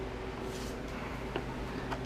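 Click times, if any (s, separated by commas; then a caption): none. Someone presses a plastic fuel tank trim panel into the tank cover of an FJ-09 (Tracer 900) / FZ-09 motorcycle, working it to pop it into place. Over a steady low hum there is faint rubbing of plastic, with one short soft tap near 1.4 s and a weaker one near 1.9 s. The bottom edge does not pop in, and nothing has seated or clicked yet.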